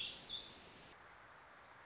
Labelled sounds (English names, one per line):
Warbling Vireo